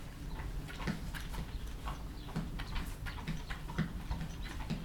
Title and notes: Buchet, Deutschland - Zwei Pferde im Stall. Two horses in the shed. Zwei Pferde kratzen sich gegenseitig mit den Zähnen den Rücken. Two horses scratching each others back with their teeth